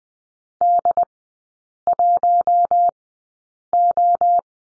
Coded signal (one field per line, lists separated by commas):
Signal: Morse code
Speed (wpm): 20 wpm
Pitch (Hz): 700 Hz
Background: none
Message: D1O